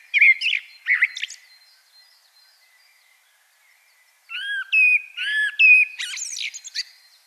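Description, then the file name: Common blackbird: end of one phrase with squeaky notes, a few seconds of quiet, then a clear fluty whistled phrase rising into high twitters. "Turdus merula"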